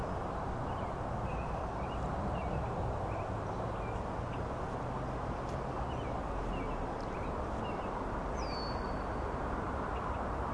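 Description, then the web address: Frog chorus forming a loud unbroken wash of sound, with small chirps repeated irregularly through it and one brief high sweeping note near the end. Frog chorus at Grafton Lake, recorded 3 May 2009. "The Frog Chorus Tunes Up On Grafton Lake"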